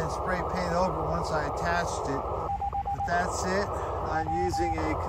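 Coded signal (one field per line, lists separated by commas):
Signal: Morse code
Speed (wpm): 17 wpm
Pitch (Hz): 810 Hz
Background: speech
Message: 5 W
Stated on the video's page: Morse heard during an activation that did not go as planned.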